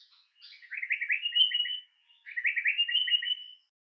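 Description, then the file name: Flycatcher singing a short high note followed by two rapid, buzzy trilled phrases that end on a higher drawn-out tone. "moucherolle - bandrame"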